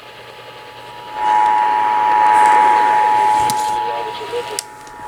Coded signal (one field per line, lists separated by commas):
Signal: Emergency Alert System (SAME) tones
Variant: 853 and 960 Hz attention tone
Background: speech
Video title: The Tests Before Summer School (Monthly EAS Tests from 6/13/23) (EAS #1,331-1,340)